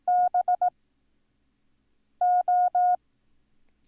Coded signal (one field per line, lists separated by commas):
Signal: Morse code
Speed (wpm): 18 wpm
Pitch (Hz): 720 Hz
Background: none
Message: BO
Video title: Learn Morse Code - Lesson 8